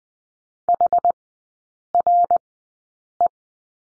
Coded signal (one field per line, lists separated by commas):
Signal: Morse code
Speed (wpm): 20 wpm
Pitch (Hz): 700 Hz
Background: none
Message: HRE